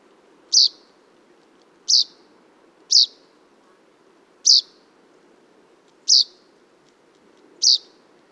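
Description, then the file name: Common chaffinch calling with six crisp, high single notes at uneven gaps of about one to one and a half seconds, steady in pitch and loudness. "Fringilla coelebs"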